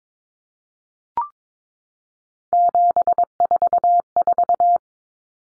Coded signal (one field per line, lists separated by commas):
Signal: Morse code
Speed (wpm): 22 wpm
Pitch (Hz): 700 Hz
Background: none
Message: 744